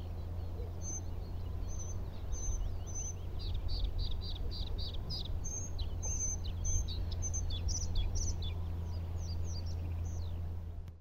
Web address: ptaki podrozniczek podrozniczek